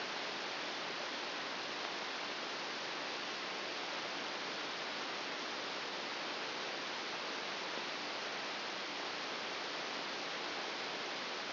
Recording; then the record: brain microelectrode recording played as sound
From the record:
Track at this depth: inside the subthalamic nucleus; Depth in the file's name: 0.107 mm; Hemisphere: right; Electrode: 2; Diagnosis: Parkinson's disease